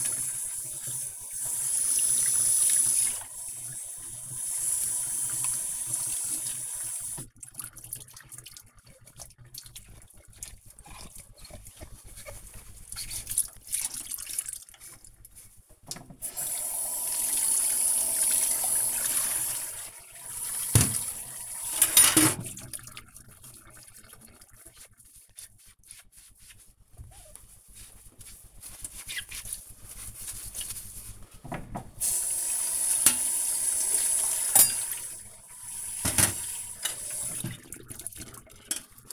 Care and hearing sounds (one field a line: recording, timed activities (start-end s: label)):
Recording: household activities, microphone on the right wrist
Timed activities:
0.00-39.13 s: washing dishes